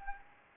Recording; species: mosquito wingbeat signal from an infrared sensor; Anopheles gambiae